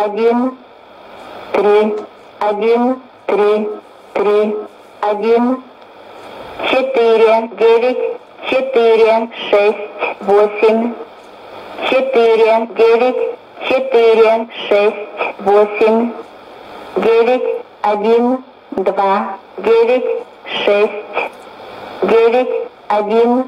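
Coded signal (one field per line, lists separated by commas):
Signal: numbers station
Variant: S06s, Russian female voice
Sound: a woman's voice reading short words, about twenty in even rhythm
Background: faint radio tones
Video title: 06 07 2016 Number station S06s Russian Lady to Eu 0734 on 12110 unknown tx site CUSB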